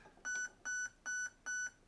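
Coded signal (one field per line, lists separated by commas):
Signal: beep code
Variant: Specna Arms HAL ETU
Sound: four short equal beeps at about 1.5 kHz, evenly spaced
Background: small room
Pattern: 4 short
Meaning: Four beeps in the main menu select category 4, pre-cocking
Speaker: four beeps in the main menu means we are at pre-cocking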